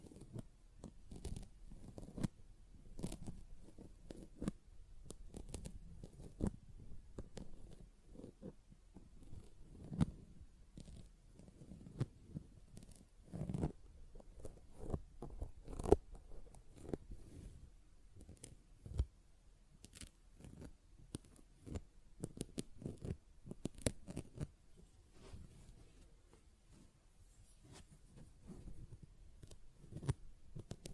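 Sponge sounds: a dense run of short scratching and squishing strokes, each a quick rough burst, mostly low and muffled with occasional brighter crisp edges. The strokes come irregularly but almost without pause across the whole stretch, with slightly louder bursts around the middle.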